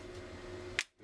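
A fingernail is worked under one side of the plastic screen bezel in the display lid of an HP ProBook 4730s laptop, and the first bezel clip pops up with a single sharp snap at 0.8 s. The snap stands out over a steady low background hum, and the clip is released.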